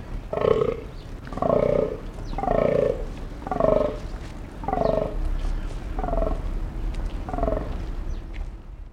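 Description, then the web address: Fallow deer groaning: seven deep, hoarse belches, one roughly every 1.2 seconds, each sliding downward in pitch, steady low rumble underneath. Male. "wildtiere bayern damhirsch maennchen"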